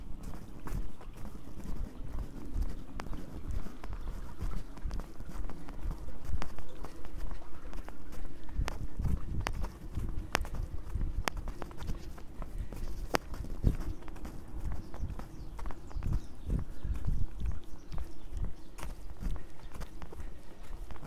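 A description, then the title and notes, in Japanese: Someone walks in the morning toward a seedling greenhouse, footsteps crunching at a steady, unhurried pace for the whole stretch. A dull low rumble runs beneath the steps, and a few sharper knocks stand out around the middle and near the end. 朝、苗ハウスまで歩いていく。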